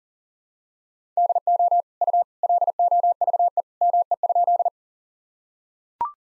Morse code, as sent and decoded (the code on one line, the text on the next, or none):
-.. --- / ..- / .-.. --- ...- . / -- . ..--..
DO U LOVE ME?